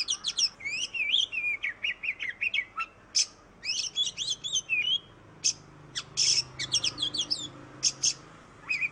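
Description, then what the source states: Oriental magpie-robin pouring out fast whistled phrases mixed with rasping buzzy notes and short pauses, a busy varied song. Master song recording used for training birds.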